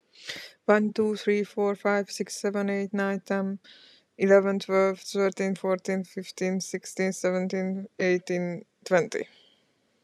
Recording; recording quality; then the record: counting at a fast pace; excellent, no background noise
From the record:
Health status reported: healthy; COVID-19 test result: not tested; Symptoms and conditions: none ticked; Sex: female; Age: 37 years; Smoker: not ticked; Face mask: not worn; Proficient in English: yes